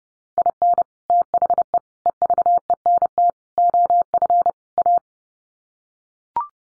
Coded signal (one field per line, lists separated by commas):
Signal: Morse code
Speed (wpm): 30 wpm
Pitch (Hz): 700 Hz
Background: none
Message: IN THE EVENT OF A